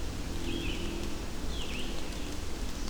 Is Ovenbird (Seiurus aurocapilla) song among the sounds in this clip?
no